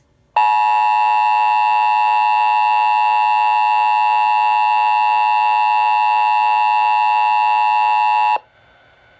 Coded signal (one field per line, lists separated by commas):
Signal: Emergency Alert System (SAME) tones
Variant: 853 and 960 Hz attention tone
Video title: NOAA Radio (NO EAS) Winter Weather Advisories With Endec Relay